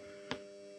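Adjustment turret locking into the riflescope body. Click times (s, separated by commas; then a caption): 0.3 s. After a correction is dialed in, the elevation turret on a riflescope is pushed down into the scope body and locks into its detent. A single short, sharp click is heard at 0.3 s over a steady low hum, and the turret is seated and locked.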